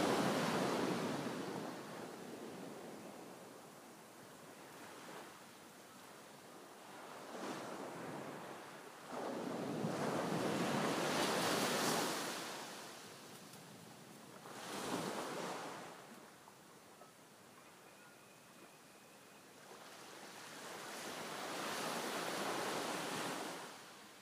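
Waves break on the shore in slow, rolling surges, swelling about every four to five seconds, with the loudest crashes near 10 to 12 seconds and again past 20. A steady hiss of surf fills the gaps, with a faint high tone briefly near 18 seconds.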